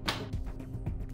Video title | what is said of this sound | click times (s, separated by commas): Instructional Video: Setting up the CataRhex 3 | place the machine onto the locking mechanism ensuring that it locks into place you'll hear a click | 0.1 s